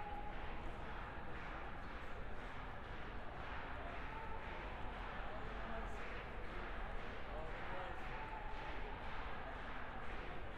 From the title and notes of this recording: Field/protest recording Sea-Tac Airport Immigration/Travel Ban Protest. DPA 4060 mics (used as binaural) -> Sound Devices 702. Starts off with quiet and sounds of organizing/directing.